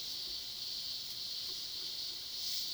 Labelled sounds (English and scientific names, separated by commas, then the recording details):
none
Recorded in pastures near Puerto Asís, Putumayo, Colombia, on 20 February 2024 at 14:00
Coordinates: 0.497, -76.327
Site G7276